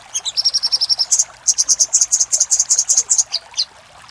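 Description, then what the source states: Little spiderhunter song: a steady, fast string of piercing high notes, briefly paused, then a denser ringing burst that tails off into two last chips. Master recording for training cage birds; 'Labaik' given as part of the song name.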